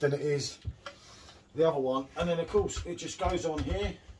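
A fitting is handled and pushed onto a beer keg while a PerfectDraft Pro home draught machine is being set up, with light rubbing and handling noises under someone talking. Nothing has seated or clicked yet.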